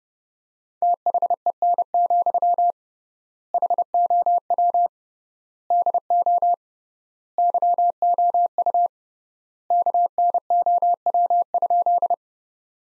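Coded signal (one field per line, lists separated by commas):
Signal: Morse code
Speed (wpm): 30 wpm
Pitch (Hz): 700 Hz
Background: none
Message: THEN, HOW DO YOU KNOW?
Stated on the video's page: Morse code practice at 30 wpm of sentences from the top 100 words, with 3x word spacing.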